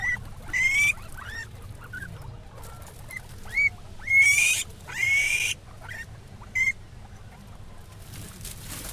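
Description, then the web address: Guinea pig squeals: several short rising whistles, interspersed with brief rustling bursts over low background noise. Recorded at a zoo in Jászberény in 2015. "jaszberenyizoo. tengerimalac"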